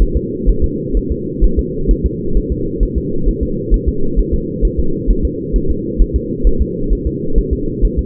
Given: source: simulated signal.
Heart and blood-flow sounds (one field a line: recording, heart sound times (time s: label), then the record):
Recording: fetal heart sounds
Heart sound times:
0.02 s: S1
0.17 s: S2
0.50 s: S1
0.64 s: S2
0.97 s: S1
1.12 s: S2
1.44 s: S1
1.59 s: S2
1.91 s: S1
2.06 s: S2
2.37 s: S1
2.52 s: S2
2.83 s: S1
2.98 s: S2
3.29 s: S1
3.43 s: S2
3.74 s: S1
3.89 s: S2
4.19 s: S1
4.34 s: S2
4.65 s: S1
4.80 s: S2
5.11 s: S1
5.25 s: S2
5.56 s: S1
5.71 s: S2
6.02 s: S1
6.16 s: S2
6.47 s: S1
6.62 s: S2
6.93 s: S1
7.07 s: S2
7.39 s: S1
7.53 s: S2
7.85 s: S1
7.99 s: S2
From the record:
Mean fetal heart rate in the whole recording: 130 bpm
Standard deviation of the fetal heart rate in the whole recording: 2 bpm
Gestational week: 36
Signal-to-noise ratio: -8.1 dB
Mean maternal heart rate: 72 bpm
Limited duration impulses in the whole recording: absent